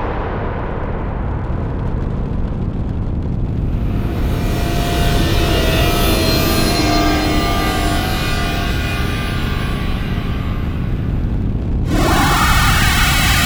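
A dense, oppressive drone rumbles low and steady, swelling brighter with thin whining tones after four seconds, then shifting abruptly near twelve seconds.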